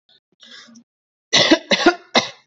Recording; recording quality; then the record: shallow voluntary cough; excellent, no background noise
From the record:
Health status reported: healthy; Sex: male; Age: 19 years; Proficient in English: yes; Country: India